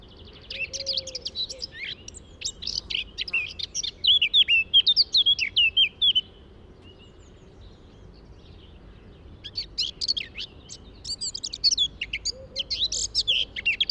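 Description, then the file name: Eurasian blackcap song, a long scratchy warble building into clearer whistled notes, a quiet gap, then another rapid warbling phrase. "Sylvia atricapilla"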